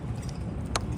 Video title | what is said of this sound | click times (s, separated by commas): Knog Blinder 600 first impression | And you just make sure you line it up. And you want to hear that click. | 0.8 s